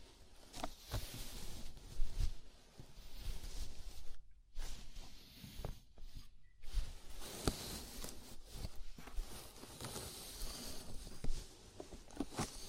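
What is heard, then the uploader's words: Fingers rub and scratch through hair in a scalp massage, a dense papery rustle with bright crackly edges. The strokes come in uneven waves with occasional sharper scrapes, broken by a few brief silent pauses near the middle. ASMR Sleepy Scalp Massage (No Talking).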